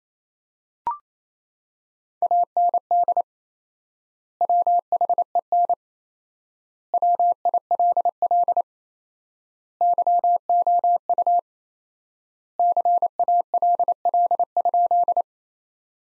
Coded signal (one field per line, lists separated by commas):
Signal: Morse code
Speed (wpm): 28 wpm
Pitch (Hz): 700 Hz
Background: none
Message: AND WHEN WILL YOU CALL?